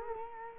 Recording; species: mosquito wingbeat signal from an infrared sensor; Culex quinquefasciatus